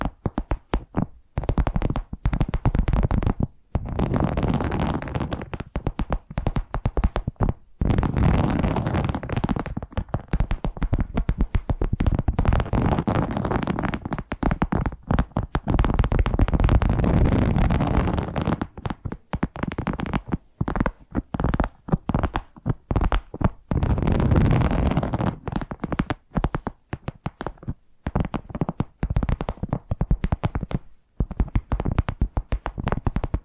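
Addictive tapping triggers: a dense run of quick taps and scratchy strokes fills most of the half minute, with brief silent gaps near 4, 8 and 20 seconds. The sound is rough and full, reaching from low thuds to crisp bright edges, sparser toward the end.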